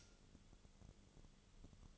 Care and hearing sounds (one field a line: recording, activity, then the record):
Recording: daily activity, microphone in the room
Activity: light off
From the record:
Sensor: 4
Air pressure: 1008.6 hPa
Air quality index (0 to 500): 97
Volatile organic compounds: 1 ppm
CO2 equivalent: 728 ppm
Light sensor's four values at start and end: 14/31/12/12 and 14/31/12/12